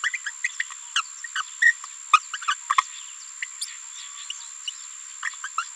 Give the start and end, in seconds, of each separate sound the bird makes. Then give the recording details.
0.03-0.09, 0.13-0.17, 0.26-0.30, 0.44-0.47, 0.59-0.62, 0.96-1.01, 1.35-1.42, 1.62-1.74, 2.13-2.19, 2.33-2.37, 2.48-2.54, 2.69-2.74, 2.78-2.81, 3.61-3.65, 4.67-4.70, 5.25-5.29, 5.44-5.48, 5.58-5.63. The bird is a female. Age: 27 days. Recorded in a nest box in Venezuela. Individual 17B73B2